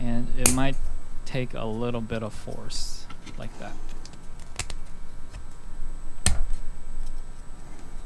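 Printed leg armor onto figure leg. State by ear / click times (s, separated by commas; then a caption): seated / 6.3 s. Someone talks while 3D-printed plastic leg armor is slid up a figure's leg and pushed with some force, with a few small taps and clicks around 4.0–4.7 seconds. A sharp, loud click at 6.3 seconds marks the leg armor seating into place.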